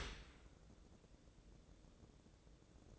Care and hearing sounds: daily activity, microphone in the room; open dishwasher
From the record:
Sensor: 3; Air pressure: 1012.3 hPa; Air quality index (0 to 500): 145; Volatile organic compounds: 2 ppm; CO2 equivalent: 1118 ppm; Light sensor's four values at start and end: 577/1429/586/582 and 577/1429/586/582

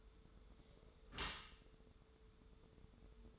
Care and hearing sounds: daily activity, microphone in the room; close dishwasher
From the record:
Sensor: 3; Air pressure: 1014.9 hPa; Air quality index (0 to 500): 37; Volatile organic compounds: 1 ppm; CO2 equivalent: 573 ppm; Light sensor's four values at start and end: 12/26/11/11 and 12/26/11/11

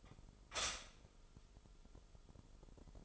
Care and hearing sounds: daily activity, microphone in the room; stop toaster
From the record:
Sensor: 5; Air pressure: 988.7 hPa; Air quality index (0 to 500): 230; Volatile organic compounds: 167 ppm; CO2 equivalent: 4093 ppm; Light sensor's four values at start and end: 40/124/48/51 and 40/124/48/51

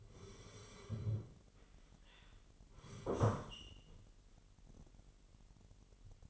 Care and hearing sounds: daily activity, microphone in the room; sit down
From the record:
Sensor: 4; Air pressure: 999.3 hPa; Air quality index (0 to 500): 110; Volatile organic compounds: 2 ppm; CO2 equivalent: 1089 ppm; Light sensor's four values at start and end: 11/26/10/11 and 11/26/10/11

